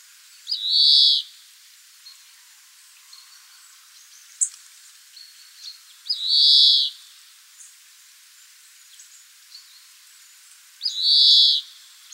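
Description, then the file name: European greenfinch giving three drawn-out, buzzy wheezing calls, each under a second long and spaced roughly every five seconds, with faint ticks between them. "Chloris chloris"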